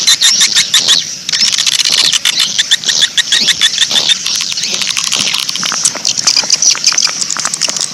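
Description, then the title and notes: Swiftlet chattering calls, a dense high twittering mass with rapid clicks and chirps throughout, over a faint low hum. Sound used in swiftlet farming in Asia. "Swiflet Bird Sound. Farming Swiflet Bird asia sound"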